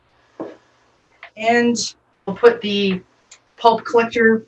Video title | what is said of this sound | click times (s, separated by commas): How to Use a Juicer | And then this bracket comes right back up and pops into place. | 1.2 s